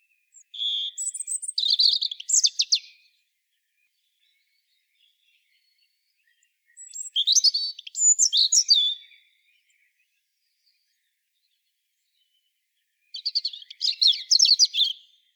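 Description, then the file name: European robin song in three bursts of rapid, sweet, high-pitched twittering notes, with silent pauses between them. "Erithacus rubecula"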